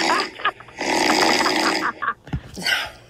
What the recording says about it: This is apparently you snoring. She doesn't really get to sleep during the night because she has to hear this all the time. It's her laughing in the background as she's listening to you snore.